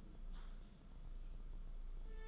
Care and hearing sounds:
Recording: daily activity, microphone in the room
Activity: typing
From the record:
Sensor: 5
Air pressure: 994.5 hPa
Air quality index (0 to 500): 171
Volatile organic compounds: 622 ppm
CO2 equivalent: 4963 ppm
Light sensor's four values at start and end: 9/23/9/10 and 9/23/9/10

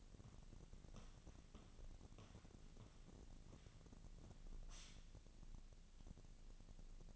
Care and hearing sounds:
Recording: daily activity, microphone in the room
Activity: walk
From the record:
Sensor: 4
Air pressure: 1012.9 hPa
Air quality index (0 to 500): 174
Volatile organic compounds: 2 ppm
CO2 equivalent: 1101 ppm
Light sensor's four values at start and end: 65/160/68/72 and 65/161/68/72

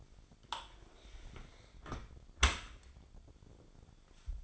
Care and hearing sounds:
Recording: daily activity, microphone in the room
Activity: close dishwasher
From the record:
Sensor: 5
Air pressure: 1006.9 hPa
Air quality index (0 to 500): 183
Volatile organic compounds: 5 ppm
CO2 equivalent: 1749 ppm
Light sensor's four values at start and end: 53/148/58/58 and 52/146/58/58

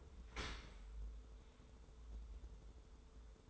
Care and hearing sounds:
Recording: daily activity, microphone in the room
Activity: open dishwasher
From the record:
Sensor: 3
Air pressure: 1014.9 hPa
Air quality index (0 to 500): 36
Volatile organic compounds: 1 ppm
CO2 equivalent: 566 ppm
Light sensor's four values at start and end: 11/26/11/11 and 11/26/11/11

